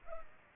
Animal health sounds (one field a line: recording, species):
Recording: mosquito wingbeat signal from an infrared sensor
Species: Culex pipiens